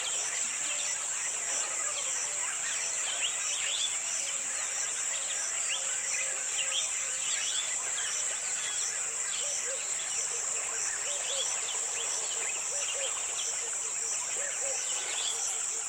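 A dense dusk chorus of birds on a riverbank, with many quick chirps and whistles overlapping throughout at mid to bright pitch. A constant high insect whine sits above everything, and the overall level stays steady from start to finish.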